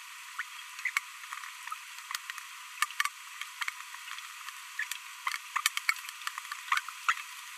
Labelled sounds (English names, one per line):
Green-rumped Parrotlet babbling